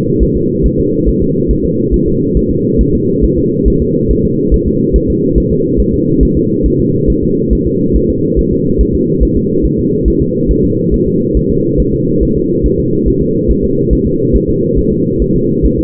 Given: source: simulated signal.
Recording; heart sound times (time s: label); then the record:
fetal heart sounds
0.23 s: S1
0.36 s: S2
0.66 s: S1
0.79 s: S2
1.08 s: S1
1.22 s: S2
1.51 s: S1
1.65 s: S2
1.94 s: S1
2.08 s: S2
2.37 s: S1
2.51 s: S2
2.81 s: S1
2.95 s: S2
3.24 s: S1
3.38 s: S2
3.68 s: S1
3.82 s: S2
4.11 s: S1
4.25 s: S2
4.54 s: S1
4.68 s: S2
4.96 s: S1
5.10 s: S2
5.38 s: S1
5.52 s: S2
5.80 s: S1
5.94 s: S2
6.23 s: S1
6.37 s: S2
6.66 s: S1
6.80 s: S2
7.10 s: S1
7.23 s: S2
7.53 s: S1
7.67 s: S2
7.96 s: S1
8.10 s: S2
8.39 s: S1
8.53 s: S2
8.81 s: S1
8.95 s: S2
9.23 s: S1
9.37 s: S2
9.66 s: S1
9.79 s: S2
10.08 s: S1
10.22 s: S2
10.51 s: S1
10.65 s: S2
10.94 s: S1
11.08 s: S2
11.37 s: S1
11.51 s: S2
11.80 s: S1
11.94 s: S2
12.23 s: S1
12.37 s: S2
12.66 s: S1
12.80 s: S2
13.08 s: S1
13.22 s: S2
13.51 s: S1
13.64 s: S2
13.93 s: S1
14.07 s: S2
14.36 s: S1
14.49 s: S2
14.79 s: S1
14.92 s: S2
15.22 s: S1
15.36 s: S2
15.66 s: S1
15.79 s: S2
From the record:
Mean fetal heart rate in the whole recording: 140 bpm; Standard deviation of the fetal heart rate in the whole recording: 2 bpm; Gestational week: 34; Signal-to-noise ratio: -11.2 dB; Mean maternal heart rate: 72 bpm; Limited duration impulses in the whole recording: present